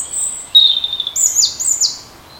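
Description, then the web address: European robin giving high, thin whistled phrases, a sustained note then rapid warbled twittering sliding up and down. "vogel sounds erithacus rubecula"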